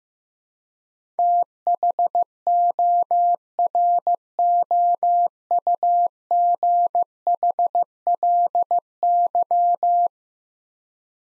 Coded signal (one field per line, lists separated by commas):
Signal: Morse code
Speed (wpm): 15 wpm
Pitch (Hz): 700 Hz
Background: none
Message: THOROUGHLY